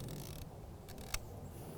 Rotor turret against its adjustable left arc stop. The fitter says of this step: until we hear the loud click again.